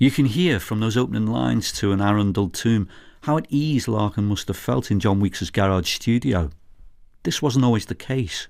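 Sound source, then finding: Male narrator. Typical speech.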